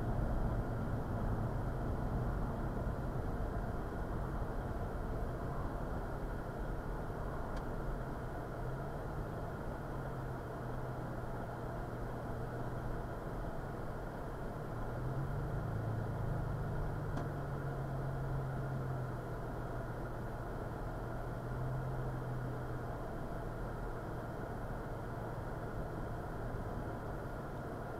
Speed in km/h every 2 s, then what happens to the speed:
42, 34, 24, 15, 8, 3, 5, 3, 5, 2, 3, 5, 5, 5.
0-10 brakes to 3. 10-28 steady at about 5.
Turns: none.